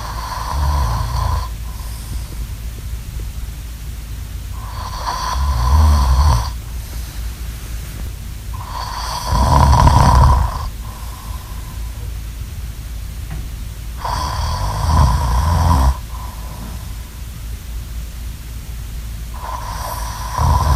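An adult snoring: loud, low-pitched snores recur about every four to five seconds, with quieter breathing between them.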